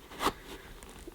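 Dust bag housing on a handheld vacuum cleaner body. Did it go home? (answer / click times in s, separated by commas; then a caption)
no / none. The dust bag housing of a 1979 Hoover Dustette 2614C, a vintage metal-bodied hand vacuum, is pressed back into position on the body after the bag is refitted. A short, dull broadband scrape-thud peaks around 0.3 s, followed by faint rustling and a small high-pitched tick near 0.8 s. Nothing has clicked into place yet, though the housing sits in position.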